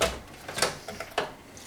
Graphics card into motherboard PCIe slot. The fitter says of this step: and then gently press till it snaps in place